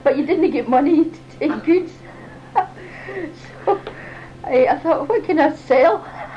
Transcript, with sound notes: But you didn't get money, you'd to take goods! [both laugh] So I thought, "What can I sell?"